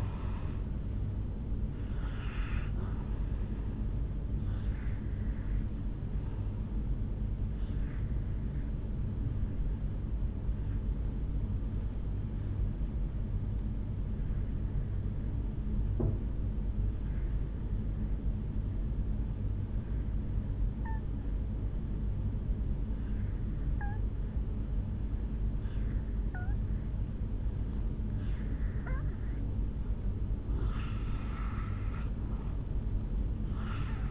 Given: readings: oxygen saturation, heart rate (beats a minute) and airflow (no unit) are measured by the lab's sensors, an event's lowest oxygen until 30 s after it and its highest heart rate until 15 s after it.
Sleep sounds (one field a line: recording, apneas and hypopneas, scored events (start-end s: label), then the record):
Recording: breathing in sleep by a smartphone at the bedside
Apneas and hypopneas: 1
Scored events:
11.00-29.00 s: obstructive apnea (N2, oxygen 94% highest, then 83% lowest, heart rate 59 at the start, 68 highest)
From the record:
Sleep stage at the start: N2 (light sleep)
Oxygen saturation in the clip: 83 to 94%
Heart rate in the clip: 57 to 68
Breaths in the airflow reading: 3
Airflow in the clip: -6.6 to 3.9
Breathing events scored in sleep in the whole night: 449 in 7.0 hours asleep